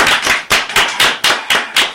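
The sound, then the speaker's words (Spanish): Loud applause with sharp, crisp claps landing in a steady rhythm of about four per second, bright and snappy, with no voices over it. “Un aplauso.”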